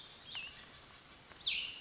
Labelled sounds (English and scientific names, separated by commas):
Cassin's Vireo (Vireo cassinii)